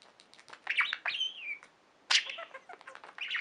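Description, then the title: Budgerigar chatter, quick clicks and a drawn, falling whistle, then a sudden loud squawk and more rapid chirping. "Budgie Sounds"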